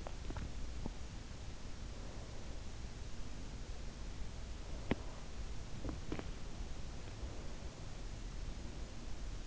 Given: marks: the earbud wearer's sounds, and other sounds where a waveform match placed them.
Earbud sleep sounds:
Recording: sounds in sleep by an in-ear microphone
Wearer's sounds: teeth grinding, breath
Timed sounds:
0.00-1.00 s: teeth grinding
1.95-3.82 s: breath
4.63-6.33 s: breath
4.73-5.19 s: teeth grinding
7.16-9.23 s: breath

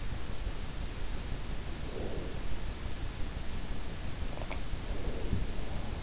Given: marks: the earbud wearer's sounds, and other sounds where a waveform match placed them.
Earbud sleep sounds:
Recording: sounds in sleep by an in-ear microphone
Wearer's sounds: breath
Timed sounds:
1.58-2.69 s: breath
4.08-6.03 s: sound from someone else or the room
4.65-5.78 s: breath

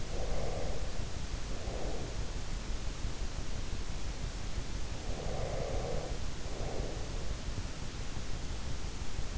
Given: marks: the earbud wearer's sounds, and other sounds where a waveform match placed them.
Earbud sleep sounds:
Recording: sounds in sleep by an in-ear microphone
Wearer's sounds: breath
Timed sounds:
0.00-2.50 s: breath
4.85-7.36 s: breath

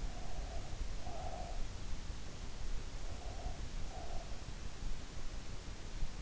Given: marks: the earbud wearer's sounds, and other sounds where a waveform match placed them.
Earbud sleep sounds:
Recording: sounds in sleep by an in-ear microphone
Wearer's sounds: breath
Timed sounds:
0.00-1.67 s: breath
3.03-4.52 s: breath

